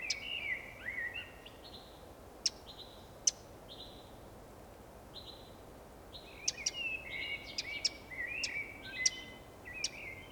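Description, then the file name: Eurasian wren with scattered hard ticks and bursts of rapid scratchy chattering, along with repeated short flat whistled notes. "Troglodytes troglodytes"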